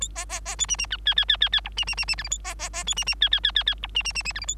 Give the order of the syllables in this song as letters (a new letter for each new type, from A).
A B B B C D D E E E E E E F D D D D G H A B B B C D D E E E E E F D D D D G H A